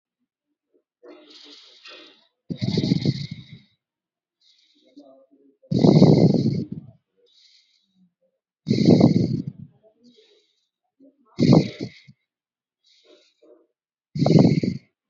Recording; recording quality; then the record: deep breathing; excellent, no background noise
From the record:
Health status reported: healthy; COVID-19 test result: negative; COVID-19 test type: RT-PCR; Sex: female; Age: 21 years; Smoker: no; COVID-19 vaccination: both doses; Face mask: worn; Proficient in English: yes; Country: India